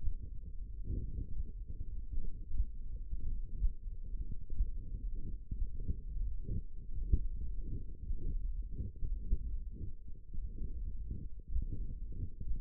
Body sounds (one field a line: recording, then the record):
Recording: forearm muscle sounds (acoustic myography)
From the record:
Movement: finger pinch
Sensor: system 1, eight BSWA MPA416 microphones around the upper forearm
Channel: 3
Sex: male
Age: 23 years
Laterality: right